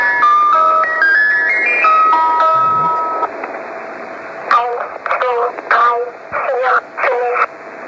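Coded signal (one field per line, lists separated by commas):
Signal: numbers station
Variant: Swedish Rhapsody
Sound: short tinkling music-box melody, then short spoken bursts like a voice reading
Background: radio static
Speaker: So this station that I'm trying to play to you is called the Swedish Rhapsody station. Of course, all stations do have designated names, but there are cases where it gets a nickname by the tune that it plays at the start. So let us try to hear this.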